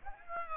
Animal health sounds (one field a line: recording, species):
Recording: mosquito wingbeat signal from an infrared sensor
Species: Aedes aegypti